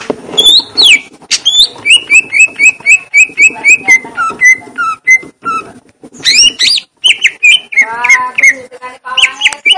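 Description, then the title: Greater green leafbird song: a long run of clear, slightly falling whistles repeated rapidly, broken by sharp clicks and harsher warbled phrases. Song type called "gledek", meaning thunder. "Cucak Ijo Suara Gledek"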